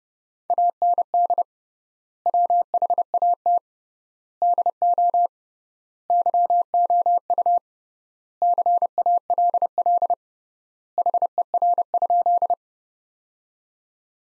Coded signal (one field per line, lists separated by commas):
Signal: Morse code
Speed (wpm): 32 wpm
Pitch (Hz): 700 Hz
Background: none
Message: AND WHAT DO YOU CALL HER?